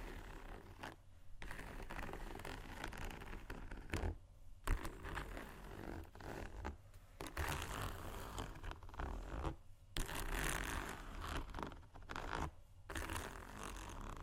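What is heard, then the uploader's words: Shoes scratch and scrape in dense, rough bursts that fill most of the fourteen seconds. Brief gaps break the scraping around one, four and a half, seven, ten and twelve and a half seconds, with a sharp tap near four seconds. A low rumble persists underneath. ASMR Shoes Scratching & Tapping（No Talking）.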